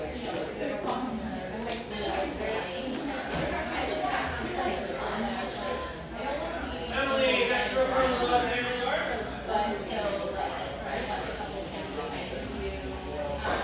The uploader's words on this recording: Enjoy a sleepy start in this humming café, settled near the beach just north of San Diego.